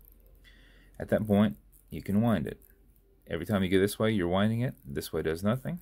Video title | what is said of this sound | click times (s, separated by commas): Build #467 - Kraken #64 - Cullen | so how you do that is you unscrew the crown when it comes off the tubes you can hear it and feel it clicking | 0.1 s, 0.2 s, 0.3 s